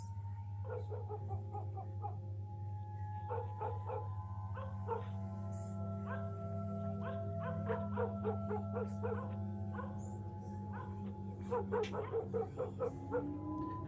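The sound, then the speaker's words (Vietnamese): Village dogs bark in the distance along a deserted village road, a series of short, irregular bursts that cluster in quick runs, over a steady low droning hum, with no one speaking. “Đâu đó chỉ vọng lại tiếng chó làng cắn ma nhấm nha nhấm nhặng.”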